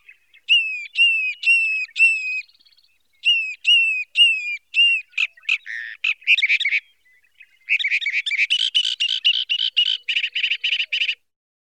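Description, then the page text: Northern mockingbird singing a varied string of phrases: first repeated hooked whistled notes, then harsh buzzy bursts, then a long rapid run of scratchy repeated notes; no other sounds. Constant calling. "Northern Mockingbird Constant Calling. Quick Sounds"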